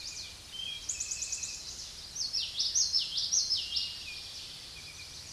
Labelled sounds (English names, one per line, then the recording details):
Common Yellowthroat song
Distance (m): 15 m
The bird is about 5 m above the microphone
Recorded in a Pennsylvania forest on 16 May 2024 at 06:37
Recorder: AudioMoth, point MSD-1342
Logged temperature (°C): 15.5 °C
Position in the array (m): 232 m, 176 m